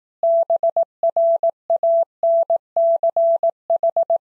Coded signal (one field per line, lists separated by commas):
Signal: Morse code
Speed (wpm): 18 wpm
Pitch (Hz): 670 Hz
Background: none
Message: BRANCH